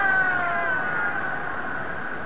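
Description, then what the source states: Orca call: a long harmonic tone drifting slowly down in pitch, steady throughout, over underwater hiss. Transient orca.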